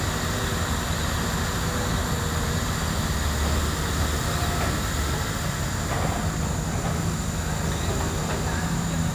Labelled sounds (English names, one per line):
none